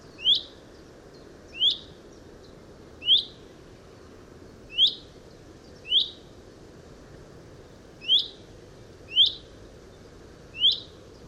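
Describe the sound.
Chaffinch call notes, bright rising whistles repeated roughly every one to two seconds, eight in sequence against faint background noise.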